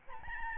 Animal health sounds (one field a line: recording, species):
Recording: mosquito wingbeat signal from an infrared sensor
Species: Aedes albopictus